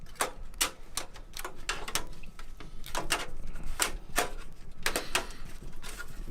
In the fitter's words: so this just kind of like snaps into place there's no screws or anything